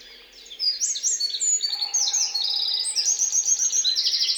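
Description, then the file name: Eurasian wren song: loud, rapid high-pitched trills and rattling phrases running without pause after a short quiet start, with a faint low steady tone behind. "Troglodytes troglodytes"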